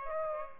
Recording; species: mosquito wingbeat signal from an infrared sensor; Aedes aegypti